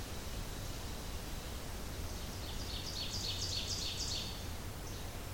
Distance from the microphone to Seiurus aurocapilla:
about 60 m